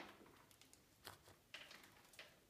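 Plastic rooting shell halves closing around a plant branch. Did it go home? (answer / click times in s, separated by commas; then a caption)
no / none. Plastic rooting shell halves are lined up by their side notches around a plant branch before being snapped closed. Soft handling noises and crinkling are heard, with brief rustling bursts near 1.1, 1.5 and 2.2 seconds. Nothing has clicked or seated yet.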